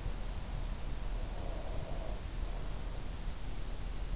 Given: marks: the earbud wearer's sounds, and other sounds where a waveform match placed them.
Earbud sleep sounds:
sounds in sleep by an in-ear microphone; breath
1.19-3.20 s: breath

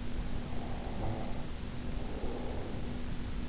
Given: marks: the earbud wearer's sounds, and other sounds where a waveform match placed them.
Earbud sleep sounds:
sounds in sleep by an in-ear microphone; snoring breath
0.02-3.07 s: snoring breath

